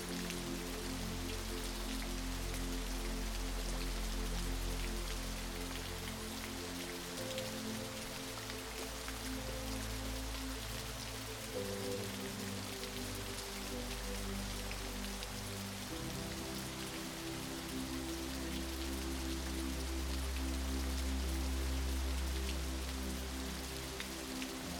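A waterfall murmurs softly and steadily, a dense, even rush of water hiss that fills the upper range without letup. Beneath it, calm music holds long, low sustained tones that shift to new chords every few seconds, notably around seven, twelve and sixteen seconds.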